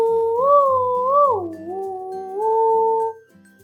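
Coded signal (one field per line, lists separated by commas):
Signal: whistled language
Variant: Kongthong name tune (Jingrwai Lawbei)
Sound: a hummed or whistled melodic tune gliding up and down for about three seconds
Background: small room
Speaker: तो अभी ये मदर है, ये उनकी बेटी है, तो ये उनको अभी बुलाएंगी. लेट्स सी हाउ शी कॉल्स.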